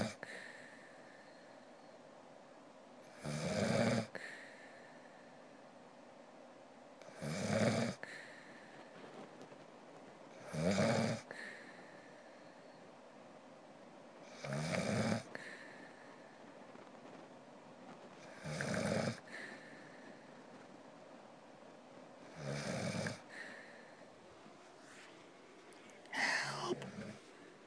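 Seven loud, rough snoring bursts come at a steady pace, about one every four seconds (around 15 a minute), with quiet breathing between them. Each snore is a low, rattling inhaled sound typical of ordinary snoring in an adult sleeper.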